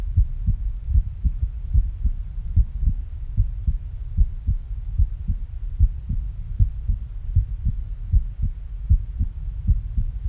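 Steady, deep thumping adult heartbeat at about 75 beats a minute, each beat a soft lub-dub pair, with a faint low hum underneath.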